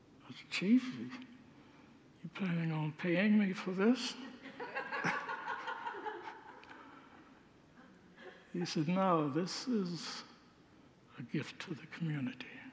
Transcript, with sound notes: I said, “Chief, are you planning on paying me for this?” [Congregants laugh] He said, “No; this is a gift to the community.”